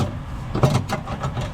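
A door handle pull rod is pushed into its small orange plastic retaining clip inside the door of a Chevrolet Silverado 6.6 Duramax truck, over a low, steady rumble. A brief bump of handling noise rises around 0.6 s, but the rod has not snapped into the clip, and nothing has seated or clicked yet.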